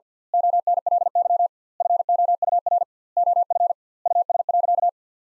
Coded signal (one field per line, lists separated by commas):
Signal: Morse code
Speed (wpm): 45 wpm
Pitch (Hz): 700 Hz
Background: none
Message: ONLY FOUR OF US.